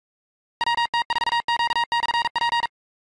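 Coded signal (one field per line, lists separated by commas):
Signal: Morse code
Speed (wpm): 47 wpm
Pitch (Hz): 940 Hz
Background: none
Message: WT4Q/P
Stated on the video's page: Morse from RufzXP callsign copying practice, a 15,359-point run.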